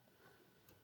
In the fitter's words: And you should hear it click like that.